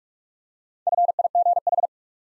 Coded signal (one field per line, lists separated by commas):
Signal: Morse code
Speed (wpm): 44 wpm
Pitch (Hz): 700 Hz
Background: none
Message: FIGH